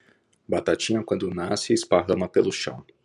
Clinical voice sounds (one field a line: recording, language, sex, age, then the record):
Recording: short text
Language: Brazilian Portuguese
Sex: male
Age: 40 to 49 years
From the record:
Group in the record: control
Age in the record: 40 years